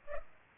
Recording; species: mosquito wingbeat signal from an infrared sensor; Culex pipiens